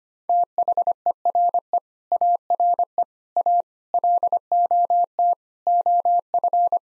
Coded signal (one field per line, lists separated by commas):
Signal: Morse code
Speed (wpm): 25 wpm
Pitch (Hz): 700 Hz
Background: none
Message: THERE ARE A LOT OF